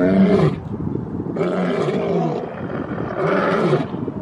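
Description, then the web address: Lion roars in heavy, grunting pulses, a strong opening call followed by two more rasping bursts. Lions in a zoo, heard by a neighbour, 9 January 2022. "2022 ene 09 Vecino del Zoo escucha cantar a los leones"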